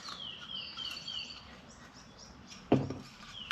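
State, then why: Not seated. An American Brother Designs custom aftermarket fuel door unit is handled at a car's fuel filler housing, with bird chirps heard in the background throughout. Brief handling knocks sound at about 2.7 s, 2.9 s and 3.5 s. The door has not been pressed home yet, and nothing has seated or clicked.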